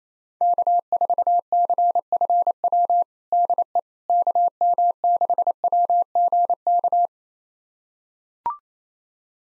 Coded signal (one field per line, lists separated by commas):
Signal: Morse code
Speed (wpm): 28 wpm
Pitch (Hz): 700 Hz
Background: none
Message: K4CFW DE KM6WGK